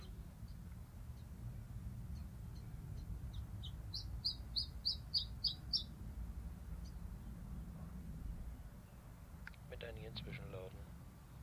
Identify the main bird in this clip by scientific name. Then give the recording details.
Phylloscopus collybita. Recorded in captivity. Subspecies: collybita. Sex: male. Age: subadult. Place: Volierenanlage, Zoologisches Institut Universität Tübingen, Baden-Württemberg, DE. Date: 1968-06-24. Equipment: Nagra III PH, MD 211, LGS26. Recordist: Schneider, Hans-Joachim. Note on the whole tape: Voliere I: 1. Aufn.: Gesänge von Männchen blau/blau -rot/blau (aus eigener Zucht 1967) mit tonhafteren Zwischenlauten. 2. Aufn.: um 15 Uhr: Sehr interessante Laute des gleichen Männchens. Dieses Mäännchen war den Winter über zusammen mit einigen coll.brehm. Männchen im gleichen Raum untergebracht. Sonagramm